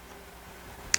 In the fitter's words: This locks into place, which is really neat, and they have so kind